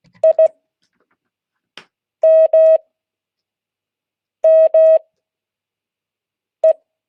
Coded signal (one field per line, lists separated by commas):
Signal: Morse code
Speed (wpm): 16 wpm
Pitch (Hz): 640 Hz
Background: none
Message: I M M E